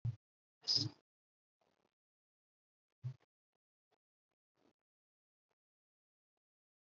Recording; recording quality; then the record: shallow breathing; excellent, no background noise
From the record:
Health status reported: COVID-19 positive, mild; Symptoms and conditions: cold, fever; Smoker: not ticked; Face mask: not worn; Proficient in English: yes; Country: India